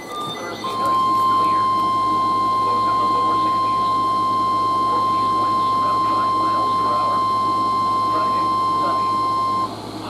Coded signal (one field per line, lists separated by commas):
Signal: Emergency Alert System (SAME) tones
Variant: 1050 Hz attention tone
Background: speech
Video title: KDO94 Dies Mid-Test (And Then Comes Back) - EAS Alerts From 8/13/2025 (EAS #545-548)